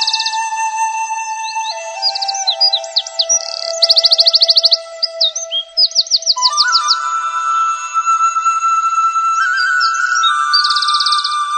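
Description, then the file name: Bird song of quick high chirps and rapid buzzy trills, heard over steady electronic tones that step up and down in pitch. Ringtone. "Bird Nature"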